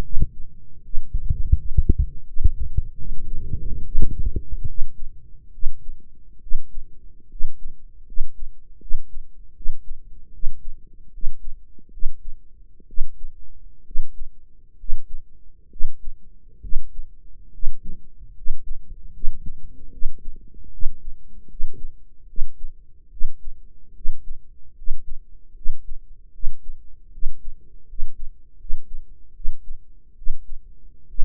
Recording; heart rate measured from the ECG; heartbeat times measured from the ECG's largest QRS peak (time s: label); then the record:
heart sounds by microphone in the right ear; 73 bpm
0.79 s: heartbeat
1.52 s: heartbeat
2.22 s: heartbeat
2.94 s: heartbeat
3.80 s: heartbeat
4.63 s: heartbeat
5.49 s: heartbeat
6.37 s: heartbeat
7.26 s: heartbeat
8.02 s: heartbeat
8.77 s: heartbeat
9.51 s: heartbeat
10.29 s: heartbeat
11.08 s: heartbeat
11.88 s: heartbeat
12.84 s: heartbeat
13.81 s: heartbeat
14.74 s: heartbeat
15.66 s: heartbeat
16.58 s: heartbeat
17.48 s: heartbeat
18.31 s: heartbeat
19.09 s: heartbeat
19.88 s: heartbeat
20.68 s: heartbeat
21.45 s: heartbeat
22.24 s: heartbeat
23.07 s: heartbeat
23.91 s: heartbeat
24.72 s: heartbeat
25.51 s: heartbeat
26.29 s: heartbeat
27.08 s: heartbeat
27.84 s: heartbeat
28.55 s: heartbeat
29.31 s: heartbeat
30.12 s: heartbeat
31.04 s: heartbeat
From the record:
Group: healthy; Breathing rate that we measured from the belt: 18 breaths a minute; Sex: female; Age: 23 years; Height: 160 cm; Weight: 50.4 kg